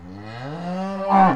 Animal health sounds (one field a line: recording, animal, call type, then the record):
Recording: contact call of a hoofed animal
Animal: cattle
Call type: low-frequency (closed-mouth) or high-frequency (open-mouth) call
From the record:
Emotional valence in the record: negative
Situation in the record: full separation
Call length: 1.36 s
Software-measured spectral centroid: 1170 Hz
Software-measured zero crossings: 1260 a second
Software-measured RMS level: -21 dBFS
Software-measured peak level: -4 dBFS